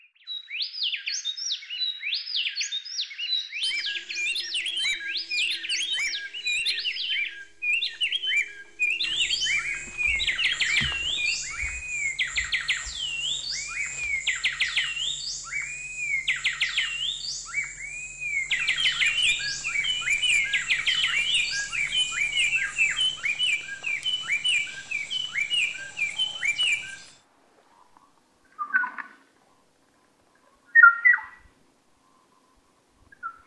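Birds call back and forth in a dense, rapid run of bright, swooping chirps and whistles that carries on almost without pause for about 27 seconds. A faint low hum sits underneath partway through. The song then breaks off, leaving a few scattered short calls.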